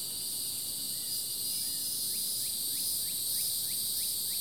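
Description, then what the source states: Insects in chorus, a constant high buzzing hiss, with a series of short rising chirps in the second half. Summer chorus.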